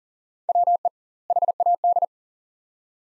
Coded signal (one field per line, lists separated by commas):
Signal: Morse code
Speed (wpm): 40 wpm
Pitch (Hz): 700 Hz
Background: none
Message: WE HAD